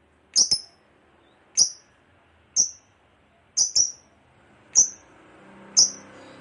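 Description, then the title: Lovebird giving thin, very high clipped chips, some doubled, about one per second. Long ngekek chatter, described as gacor (in full, frequent voice). "LOVEBIRD NGEKEK PANJANG GACOR BIKIN LATAH"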